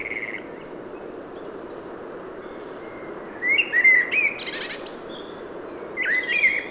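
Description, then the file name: Common blackbird: a brief note, a quiet pause, then a short run of fluted notes followed by a scratchy high twitter and a last warbled phrase. "Turdus merula"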